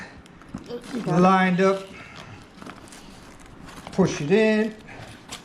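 A bag strap's snap fastener is lined up and pushed toward its mating stud on a Viking motorcycle sissy bar bag, with faint handling ticks and rustles between two stretches of someone talking. Nothing has snapped in or seated yet by the end of the clip.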